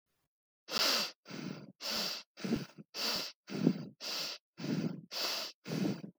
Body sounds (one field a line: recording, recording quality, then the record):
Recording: shallow breathing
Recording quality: excellent, no background noise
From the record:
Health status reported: healthy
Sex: female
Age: 22 years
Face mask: not worn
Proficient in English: yes